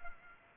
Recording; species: mosquito wingbeat signal from an infrared sensor; Culex pipiens